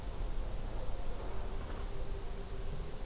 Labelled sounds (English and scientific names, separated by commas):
none